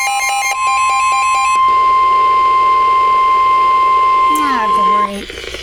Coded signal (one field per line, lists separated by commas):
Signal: Emergency Alert System (SAME) tones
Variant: 1050 Hz attention tone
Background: speech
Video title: EAS #86 Severe Thunderstorm Warning 6/30/14